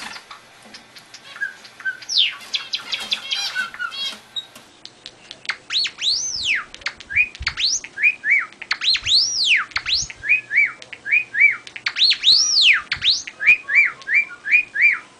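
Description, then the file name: Java sparrow calls: a burst of rapid chips, then a run of high, arched notes and short chirps, given in quick, irregular series. "gelatik"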